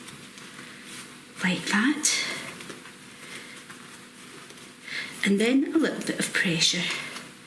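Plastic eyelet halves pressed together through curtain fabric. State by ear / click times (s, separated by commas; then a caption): not seated / none. Two halves of a plastic press-and-click curtain eyelet are pressed together by hand through the curtain fabric while someone talks. Soft handling and rustling sounds are heard around 1.4–2.2 s and again from about 4.9 s. Nothing has seated or clicked yet; the eyelet is not yet snapped shut.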